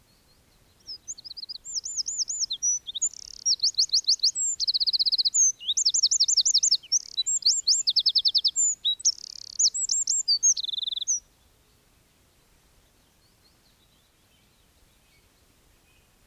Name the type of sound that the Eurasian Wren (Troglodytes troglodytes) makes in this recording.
song